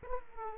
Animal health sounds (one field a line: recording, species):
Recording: mosquito wingbeat signal from an infrared sensor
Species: Aedes aegypti